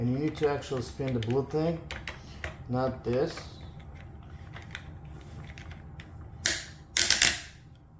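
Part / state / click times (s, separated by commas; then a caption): blue rotating part into vacuum head / seated / 6.5 s, 7.0 s, 7.1 s, 7.2 s. Someone talks while a blue plastic rotating part is spun as it is inserted into the head of a Dyson Ball Animal 2 upright vacuum. A series of sharp clicks follows at 6.5, 7.0, 7.0, 7.1 and 7.2 seconds, and the part is seated fully in.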